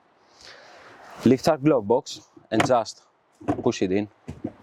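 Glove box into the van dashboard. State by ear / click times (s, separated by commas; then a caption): not seated / none. The plastic glove box of a 2017 Ford Transit Custom van is lifted back up and pushed into the dashboard to clip it back in, while someone talks over faint handling noise. The clip ends before the part goes home, so nothing has seated or clicked yet.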